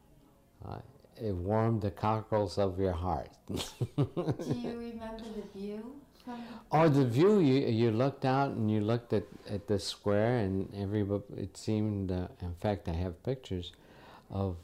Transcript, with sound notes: — it warmed the cockles of your heart. [Laughs]
Can you remember the view from the —
Oh, the view, you looked out and you looked at the square and every — it seemed — in fact, I have pictures of